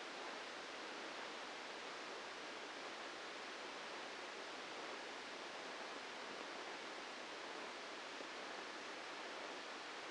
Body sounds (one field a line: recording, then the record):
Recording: brain microelectrode recording played as sound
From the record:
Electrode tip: inside the subthalamic nucleus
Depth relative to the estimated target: 1 mm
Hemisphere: left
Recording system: NeuroSet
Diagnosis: Parkinson's disease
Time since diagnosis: 8 years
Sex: male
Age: 59 years